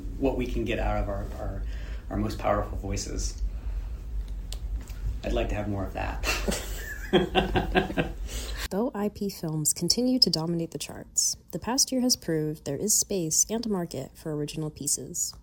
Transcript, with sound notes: what we can get out of our most powerful voices. I’d like to have more of that. [laughs] Though IP films continue to dominate the charts, the past year has proved there is space and a market for original pieces.